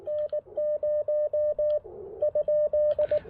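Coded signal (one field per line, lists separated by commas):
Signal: Morse code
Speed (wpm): 18 wpm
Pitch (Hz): 600 Hz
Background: radio noise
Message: N0 ?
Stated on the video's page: QRP CW POTA park activation with an Icom IC-705 into a Chameleon Tactical Delta Loop antenna on 10, 12, 15, 17 and 20 meters.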